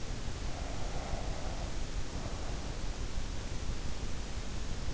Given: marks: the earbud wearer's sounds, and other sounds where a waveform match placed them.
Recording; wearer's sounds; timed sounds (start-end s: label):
sounds in sleep by an in-ear microphone; breath
0.51-3.09 s: breath